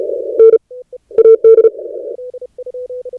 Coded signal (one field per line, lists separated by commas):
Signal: Morse code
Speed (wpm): 35 wpm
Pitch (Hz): 1350 Hz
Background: none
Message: N AD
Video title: Morse Code Is Not Dead - 2025 ARRL CW Contest at PJ2T - Sit With Us in the Operator's Chair